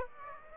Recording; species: mosquito wingbeat signal from an infrared sensor; Aedes aegypti